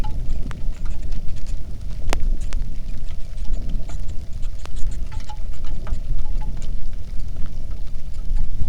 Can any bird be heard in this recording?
yes